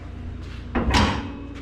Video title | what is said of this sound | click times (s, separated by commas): 1969 CAMARO ROSEWOOD STEERING WHEEL INSTALL | there's one click | 0.8 s